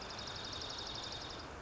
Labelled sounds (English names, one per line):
Dark-eyed Junco